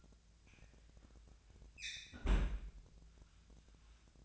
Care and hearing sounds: daily activity, microphone in the room; close fridge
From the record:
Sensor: 2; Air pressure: 1009.6 hPa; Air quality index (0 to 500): 182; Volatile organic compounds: 11 ppm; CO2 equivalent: 2277 ppm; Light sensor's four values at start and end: 27/65/28/31 and 27/65/28/31

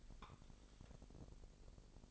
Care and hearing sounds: daily activity, microphone in the room; take from stove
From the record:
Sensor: 5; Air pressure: 999.4 hPa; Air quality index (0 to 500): 224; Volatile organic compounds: 21 ppm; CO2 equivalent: 2733 ppm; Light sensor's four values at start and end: 30/68/28/27 and 32/73/30/29

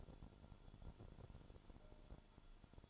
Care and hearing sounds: daily activity, microphone in the room; take from stove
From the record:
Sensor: 5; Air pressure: 1008.2 hPa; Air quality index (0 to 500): 121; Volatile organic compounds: 1 ppm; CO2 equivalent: 932 ppm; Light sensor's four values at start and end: 29/60/26/27 and 30/63/28/29

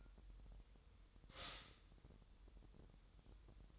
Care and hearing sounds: daily activity, microphone in the room; stop toaster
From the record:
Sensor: 3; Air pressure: 988.6 hPa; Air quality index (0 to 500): 195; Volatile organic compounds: 300 ppm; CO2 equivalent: 4482 ppm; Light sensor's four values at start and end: 23/72/30/26 and 23/72/30/26

